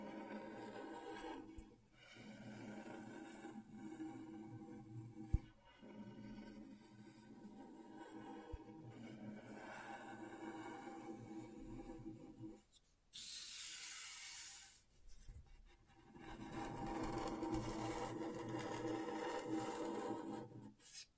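A tool scrapes across scratchboard in long, rasping strokes, a dense gritty scratching that runs steadily with brief pauses around 2, 5.5 and 13 seconds. Near 13 to 15 seconds a brighter, airier hiss sweeps in before the rough scraping resumes.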